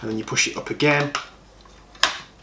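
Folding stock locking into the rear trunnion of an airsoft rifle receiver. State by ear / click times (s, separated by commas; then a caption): seated / 2.0 s. Someone talks as the CNC-machined folding stock of a DYTAC SLR Airsoft Works AK105 airsoft rifle is pushed up and swung back toward the rear trunnion of the receiver. It snaps into its locked position with one sharp metallic click at 2.0 s, seating solidly under spring tension.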